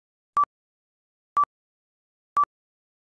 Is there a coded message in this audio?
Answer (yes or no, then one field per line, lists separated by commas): no